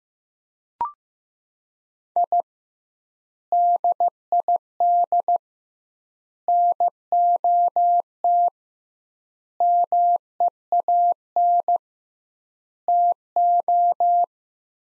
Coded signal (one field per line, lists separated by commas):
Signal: Morse code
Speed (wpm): 15 wpm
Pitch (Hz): 700 Hz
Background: none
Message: I DID NOT MEAN TO